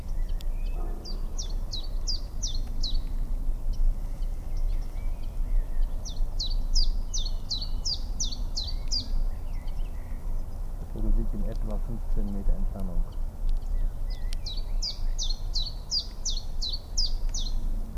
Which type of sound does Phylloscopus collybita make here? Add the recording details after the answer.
song. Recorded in the wild. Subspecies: collybita. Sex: male. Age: adult. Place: Spitzberg, Tübingen, Baden-Württemberg, DE. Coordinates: 48.5167, 9.01667. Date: 1969-04-21 12:00. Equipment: Nagra III PH, MKH 805, LGS26. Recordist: Faber, A., Nedo and Schneider, H.-J. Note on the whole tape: Testaufnahmen mit MKH 805. MaAs: R.V